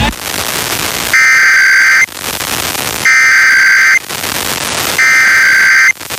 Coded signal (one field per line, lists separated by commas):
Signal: Emergency Alert System (SAME) tones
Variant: header bursts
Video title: Pennsylvania Required Monthly Tests (1/20/22)(EAS 1054-1061)